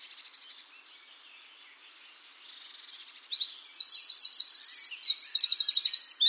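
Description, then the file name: Eurasian wren song: after a faint, quiet opening, a bright high burst of rapid notes breaks into two fast, even rattling trills. "Troglodytes troglodytes"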